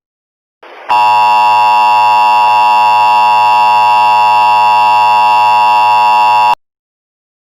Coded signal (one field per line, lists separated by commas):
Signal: Emergency Alert System (SAME) tones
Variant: 853 and 960 Hz attention tone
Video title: EAS Scenario Special - Burning Earth REMASTERED (READ DESCRIPTION)